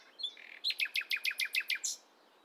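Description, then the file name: Common nightingale song phrase: short introductory notes then about nine loud, evenly spaced, sharp chopping notes in quick succession. "Luscinia megarhynchos"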